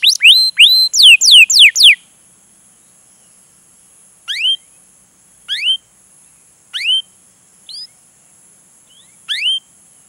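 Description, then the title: Canary gives a short burst of fast chirps, then falls mostly quiet with single rising-falling whistled notes roughly every one to two seconds. Long, continuous chatty (gacor panjang) song, used as a lure (pancingan) to prompt a canary to sing and as tutoring (masteran) material. "PANCINGAN Kenari GACOR PANJANG. Pancingan Gacor Masteran"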